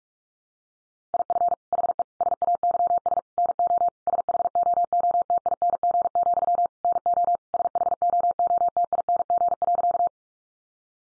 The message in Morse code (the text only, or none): IF HE SAYS NO SHOOTING, NO SHOOTING.